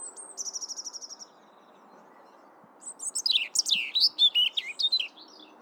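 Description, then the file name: European robin song: a fast high trill of thin repeated notes, a pause, then a tumbling run of varied high whistles and twittering phrases over a soft low hiss. "Erithacus rubecula"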